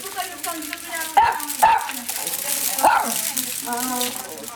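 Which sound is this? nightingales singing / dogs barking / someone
dogs barking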